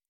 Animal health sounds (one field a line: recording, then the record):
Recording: hydrophone in a shrimp aquaculture tank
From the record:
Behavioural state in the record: normal